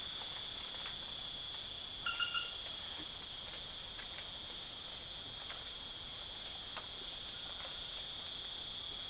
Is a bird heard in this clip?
no